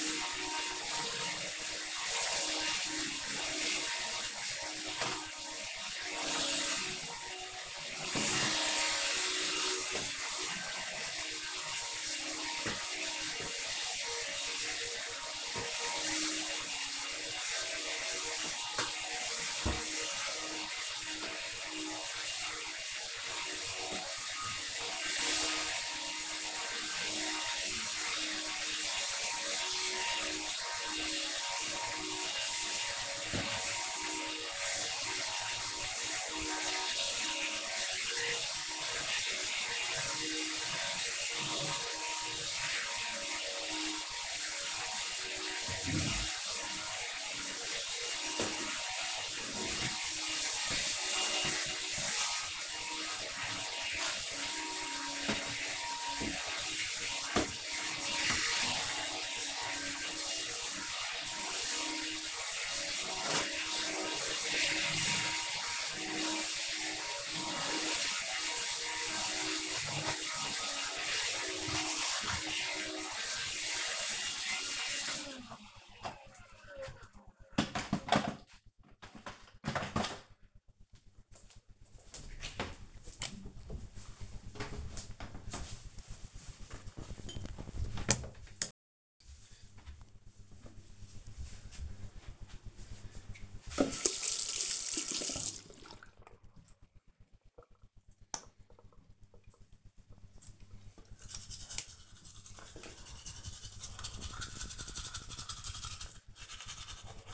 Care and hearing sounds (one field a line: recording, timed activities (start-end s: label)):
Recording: household activities, microphone on the right wrist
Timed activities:
0.00-75.68 s: vacuum cleaning
92.80-107.34 s: brushing teeth
101.85 s: note: voice